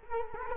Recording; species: mosquito wingbeat signal from an infrared sensor; Culex quinquefasciatus